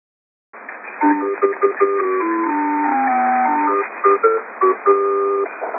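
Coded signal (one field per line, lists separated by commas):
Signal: numbers station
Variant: Lincolnshire Poacher (E3)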